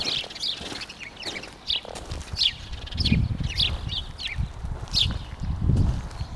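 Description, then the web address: House sparrow chirps: a run of short, sharp chirrups over low background noise. "pub SETE data Passer domesticus"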